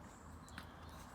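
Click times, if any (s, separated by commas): 0.6 s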